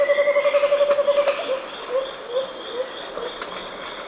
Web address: Natures Songs S America Eastern Lowlands Chamaeza nobilis, songs 2 birds